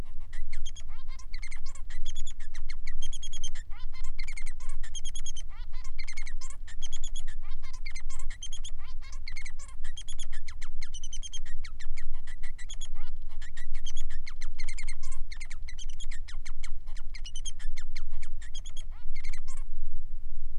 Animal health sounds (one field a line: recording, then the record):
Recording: song of a male Bengalese finch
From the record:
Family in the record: son of father 3